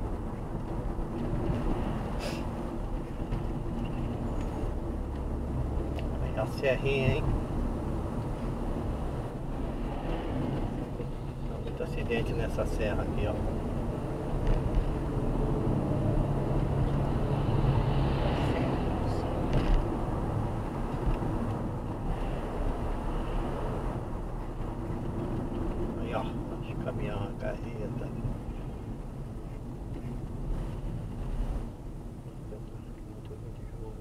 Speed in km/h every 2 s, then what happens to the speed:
52, 51, 52, 52, 45, 45, 54, 62, 65, 64, 63, 60, 48, 39, 33, 29, 26.
0-6 steady at about 52. 6-8 brakes to 45. 10-15 speeds up to 65. 15-20 steady at about 64. 20-34 slows to 26.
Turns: none.